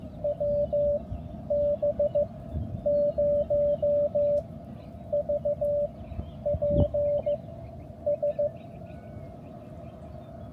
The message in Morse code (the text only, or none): WB0VPS